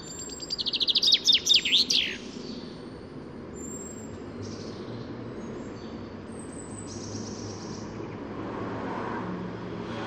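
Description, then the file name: Common chaffinch song: one short, rattling descending phrase at the start, followed by faint high notes and a steady low background rumble. "Fringilla coelebs"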